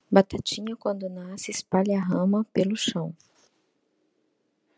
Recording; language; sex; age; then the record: short text; Brazilian Portuguese; female; 40 to 49 years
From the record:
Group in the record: control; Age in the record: 42 years